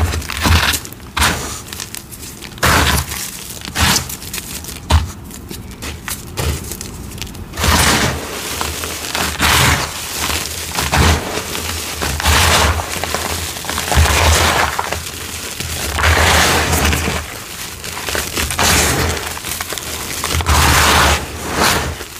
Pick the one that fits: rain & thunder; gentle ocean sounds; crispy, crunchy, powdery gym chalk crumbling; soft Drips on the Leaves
crispy, crunchy, powdery gym chalk crumbling